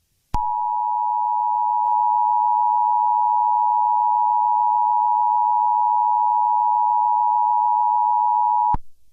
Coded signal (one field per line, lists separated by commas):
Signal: Emergency Alert System (SAME) tones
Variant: 853 and 960 Hz attention tone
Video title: EAS Mock - Tornado Emergency in Dallas